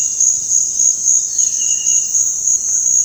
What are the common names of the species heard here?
Cinereous Tinamou, White-throated Toucan